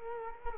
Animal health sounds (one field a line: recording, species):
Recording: mosquito wingbeat signal from an infrared sensor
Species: Culex quinquefasciatus